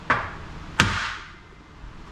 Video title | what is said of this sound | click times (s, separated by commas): RZR 200 - Axle swap | wait till it clicks there, | 0.8 s